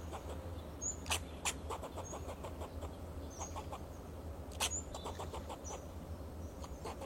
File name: Sound of a Fox Squirrel